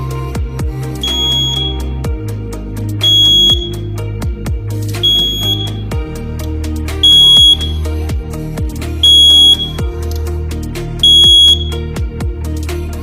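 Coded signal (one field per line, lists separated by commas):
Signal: alarm pattern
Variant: fire alarm panel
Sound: a high single beep repeating about every two seconds, six times, under music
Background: music with heavy bass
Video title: THE EARLY NIGHT FIRE ALARM PANEL BOARD BEEPING SOUNDS @caloymixofficialvlog8774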